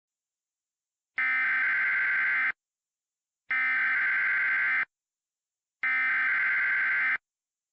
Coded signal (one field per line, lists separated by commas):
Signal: Emergency Alert System (SAME) tones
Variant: header bursts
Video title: *VALID TONES* Hurricane Jerry: The Second Chapter (EAS Scenario)